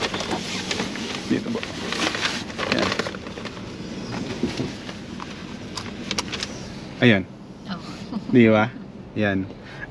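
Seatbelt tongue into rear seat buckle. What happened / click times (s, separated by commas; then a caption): The seatbelt buckle latched / 6.1 s, 6.2 s. In a 2023 Toyota Raize 1.2 G CVT, a second-row passenger fastens the seatbelt to show the unbuckled-belt warning. The belt tongue goes into the rear seat buckle and latches with a sharp double click at 6.1 and 6.2 seconds. Someone talks before and after, over a low background hum.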